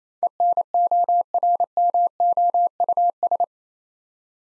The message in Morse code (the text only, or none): ENORMOUS